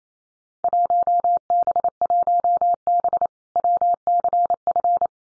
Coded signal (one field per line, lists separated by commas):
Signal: Morse code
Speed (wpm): 28 wpm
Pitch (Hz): 700 Hz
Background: none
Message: 1B1B WCF